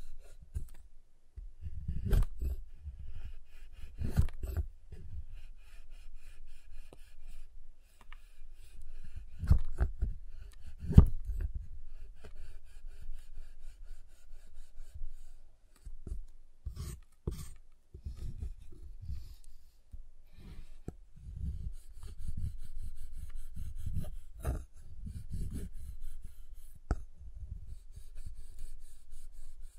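A giant chocolate bar is tapped, cut and snapped, giving short, sharp knocks and cracks at irregular intervals throughout. Sharper snaps stand out near 4, 11, 17 and 25 seconds. Between them, soft scraping and rubbing continue against a low, steady hum.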